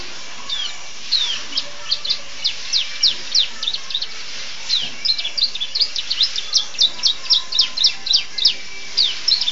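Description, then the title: Oriental magpie-robin song: long continuous stream of rapid high chirps and sharp notes, varied and uneven in rhythm. Singing (kicau). "Kicau Kacer"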